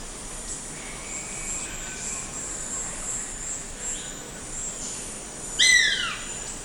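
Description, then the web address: Crane hawk call: a brief, high, whistled note sliding downward near the end, with fainter thin whistles earlier, over a steady hiss of insects. Eastern lowlands of South America. "Natures Songs S America Eastern Lowlands Geranospiza caerulescens, call"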